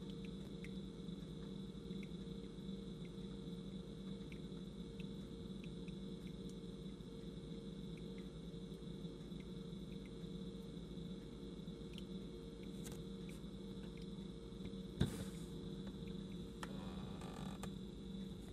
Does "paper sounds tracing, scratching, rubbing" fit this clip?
no